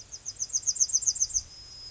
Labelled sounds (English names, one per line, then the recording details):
Yellowhammer song
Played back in grassland
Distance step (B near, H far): D
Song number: 012